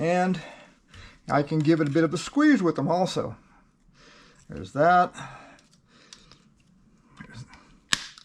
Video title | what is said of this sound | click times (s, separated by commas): How to repair a GM Truck Folding Mirror Motor | There's that, and it's just snapped into place. | 7.9 s